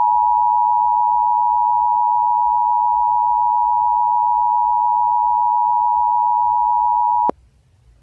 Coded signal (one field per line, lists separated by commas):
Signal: Emergency Alert System (SAME) tones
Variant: 853 and 960 Hz attention tone